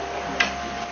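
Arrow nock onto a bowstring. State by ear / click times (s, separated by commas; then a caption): seated / 0.4 s. With an arrow laid on the bow, its plastic nock is pressed onto the bowstring, giving a single quiet, sharp snap at 0.4 s over a steady background hum. The nock clips on and is seated on the string.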